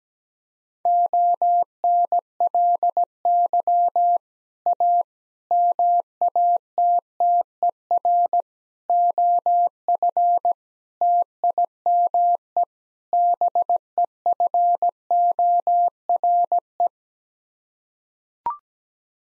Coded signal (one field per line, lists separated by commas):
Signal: Morse code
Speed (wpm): 17 wpm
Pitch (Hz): 700 Hz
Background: none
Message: ONLY A MATTER OF TIME BEFORE